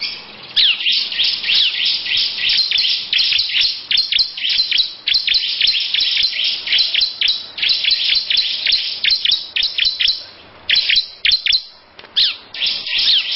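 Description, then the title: Lovebird ngekek-style song: a long, dense, rapid stream of high chirps. It breaks into shorter bursts near the end. Long "ngekek" song style; title also names Ciblek. "Audio Lovebird Ngekek Panjang Ciblek"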